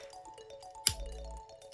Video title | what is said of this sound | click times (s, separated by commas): M2 1954 Mercury and some siku. Boxing Day cracking. | with a nice satisfying snap pretty good door lines as well | 0.9 s